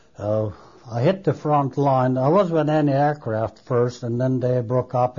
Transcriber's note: none